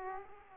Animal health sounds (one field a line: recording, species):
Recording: mosquito wingbeat signal from an infrared sensor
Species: Aedes aegypti